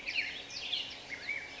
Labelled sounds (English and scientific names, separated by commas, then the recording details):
Black-headed Grosbeak (Pheucticus melanocephalus)
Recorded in Sonoma County, California